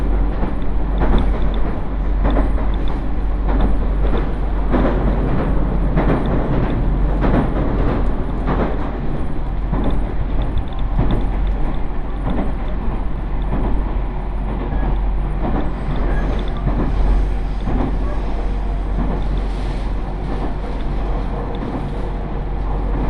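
A train rolls along the Iida Line between Mikawa-Makihara and Shinshin, a steady low rumble running unbroken for the whole stretch. Rhythmic clacks and thumps from the wheels punctuate it every second or so, busier in the first half, with a faint high whine above.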